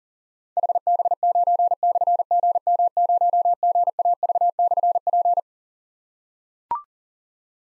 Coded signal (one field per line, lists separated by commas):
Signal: Morse code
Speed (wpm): 41 wpm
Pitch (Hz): 700 Hz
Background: none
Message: HB9/GM0GAV/P